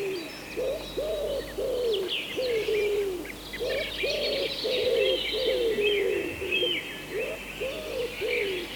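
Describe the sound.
Wood pigeon cooing: short, soft hooting notes, slurred up then down, in quick repeated series, over steady high songbird chatter and twittering.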